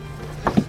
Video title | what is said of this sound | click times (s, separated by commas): Ford Bronco Misfire Fixed | That popped on. | 0.5 s